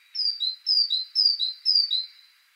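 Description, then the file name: Great tit singing four quick two-note phrases, each a bright high note followed by a slightly lower one, evenly spaced. "Parus major"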